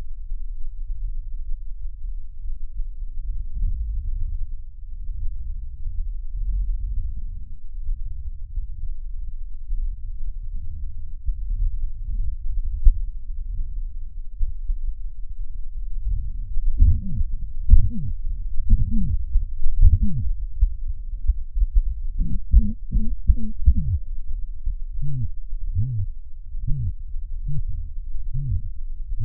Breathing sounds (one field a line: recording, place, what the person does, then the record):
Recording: lung sounds by stethoscope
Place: right anterior apical chest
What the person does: quiet breathing, then cough and speech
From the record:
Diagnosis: COPD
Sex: male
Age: 70 years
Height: 170 cm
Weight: 74 kg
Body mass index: 25.6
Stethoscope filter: bell mode